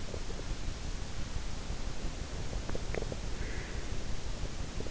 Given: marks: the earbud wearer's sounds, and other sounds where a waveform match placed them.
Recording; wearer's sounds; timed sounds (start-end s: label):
sounds in sleep by an in-ear microphone; teeth grinding, breath
2.56-3.26 s: teeth grinding
3.38-4.01 s: breath